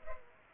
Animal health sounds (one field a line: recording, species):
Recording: mosquito wingbeat signal from an infrared sensor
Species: Culex pipiens